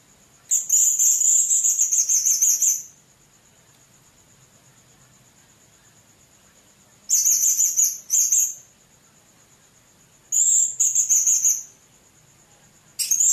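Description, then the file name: Blue-crowned hanging parrot giving shrill, buzzy high-pitched call bursts separated by pauses, over a steady thin high whine. "serindit"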